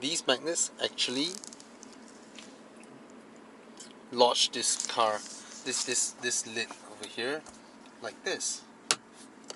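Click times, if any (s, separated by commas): 8.9 s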